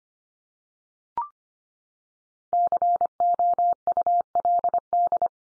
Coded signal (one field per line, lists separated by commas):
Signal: Morse code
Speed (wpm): 25 wpm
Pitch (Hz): 700 Hz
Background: none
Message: COULD